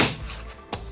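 A Karndean Palio Clic luxury vinyl click-lock plank is pushed so its tongue engages the groove of the neighbouring plank. A fading noise at the start gives way to a quiet stretch, then a short, sharp click at 0.7 s as the plank locks into place, confirmed as seated.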